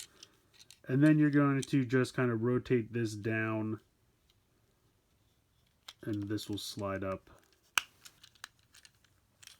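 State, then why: Seated. A sliding plastic panel on a transforming toy robot (Transformers Cyberverse Power of the Spark Ratchet with Blizzard Breaker Spark Armor) is rotated down and slid up during the change into ambulance mode while someone talks. Soft plastic handling sounds are heard, then a sharp click at 7.8 s as the panels snap into their locked positions, seated in ambulance mode, followed by a few lighter ticks.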